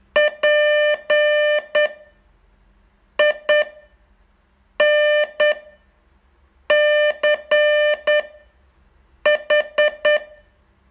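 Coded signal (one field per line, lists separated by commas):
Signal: Morse code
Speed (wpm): 10 wpm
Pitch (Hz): 600 Hz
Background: none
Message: PINCH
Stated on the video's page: Morse training test, day 38 of a 42-day course.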